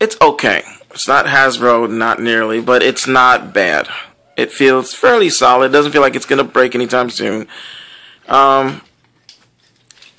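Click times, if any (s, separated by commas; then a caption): 9.9 s. Someone talks for most of the clip, then a plastic part of a transforming jet action figure is moved into its locking position, making several small plastic clicks, the main one at 9.9 s. The part locks only weakly and stays loose.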